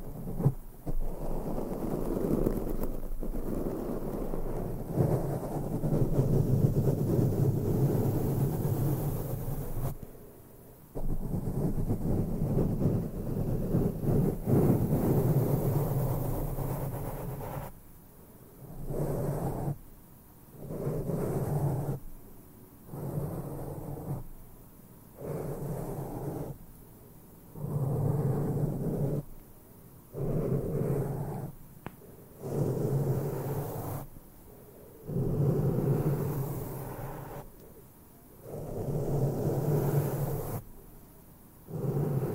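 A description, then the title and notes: Microphone brushing: heavy, low, rumbling strokes that fill the first ten seconds almost continuously, then break into shorter sweeps of a second or two separated by brief silences. The strokes are dense and muffled, with a faint hiss above them, and no voice. ASMR INTENSE MIC BRUSHING NO TALKING, ASMR BRUSHING SOUNDS, BRUSH MICROPHONE ASMR.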